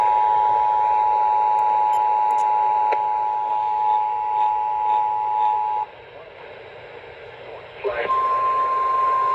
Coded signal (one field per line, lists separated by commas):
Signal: Emergency Alert System (SAME) tones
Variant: 853 and 960 Hz attention tone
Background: speech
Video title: [EAS #55-67] Beyond SoCal - Day 1 - EAS alert compilation from 1/9/2023